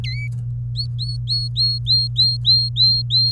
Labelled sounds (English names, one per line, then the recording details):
Domestic Canary song
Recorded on 24 April 2018 at 11:12
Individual llb3